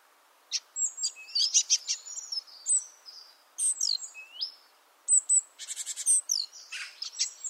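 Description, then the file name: Great tit calls: a lively run of high whistles, curved notes and buzzy ticks, pausing briefly and then resuming in a denser burst. "Parus major"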